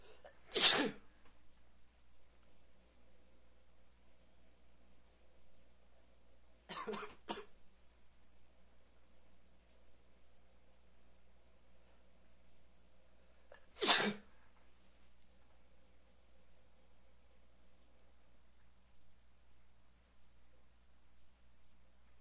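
Three sharp, explosive sneezes from an adult man, spaced several seconds apart, with a faint steady hum in the background.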